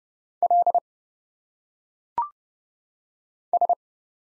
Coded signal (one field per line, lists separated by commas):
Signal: Morse code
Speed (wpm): 29 wpm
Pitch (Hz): 700 Hz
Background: none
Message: L S